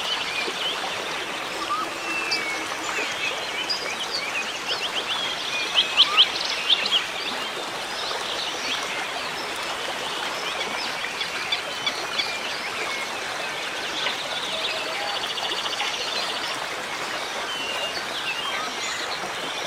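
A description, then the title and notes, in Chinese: A rainforest river runs as a steady, dense wash of flowing water under a busy layer of bird calls. Bright chirps and trills overlap throughout, with a cluster of louder calls around six seconds before the chorus settles back to an even level. 来自雨林的河流、鸟鸣声。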